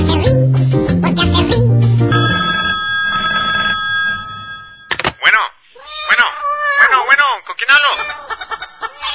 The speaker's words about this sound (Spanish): A ver, vamos a escoger un teléfono al azar. Esté atento, amigo, esté atento. Ya está sonando el teléfono. ¡Ya está sonando el teléfono!